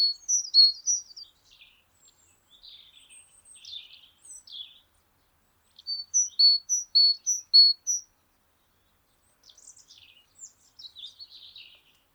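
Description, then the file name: Great tit calls: soft buzzy twitters, then a clear run of repeated high two-note phrases, followed by scattered quieter chatter. "Parus major"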